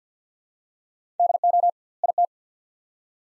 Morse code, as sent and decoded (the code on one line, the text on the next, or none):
-.. --- / .. -
DO IT